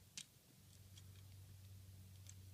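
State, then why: Not seated. Someone pushes a compressed plastic leg section into a transforming Optimus Prime action figure, producing light ticking and handling noises over a low steady hum. The part has not seated or clicked into place yet.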